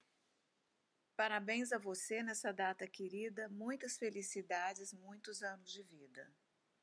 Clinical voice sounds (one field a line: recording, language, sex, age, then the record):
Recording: short text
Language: Brazilian Portuguese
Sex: female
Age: 60 to 69 years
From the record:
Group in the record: control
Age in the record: 67 years